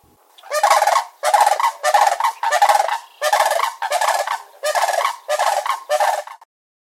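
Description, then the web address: Sandhill crane calls, loud rolling, rattling bugles given in a series of about nine bursts, each roughly half a second long, with short pauses between. "Zoo Field Guide"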